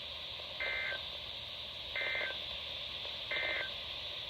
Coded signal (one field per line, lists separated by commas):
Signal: Emergency Alert System (SAME) tones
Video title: A great way to end of the month EAS# 333-342 from 10/25/20 - 10/30/20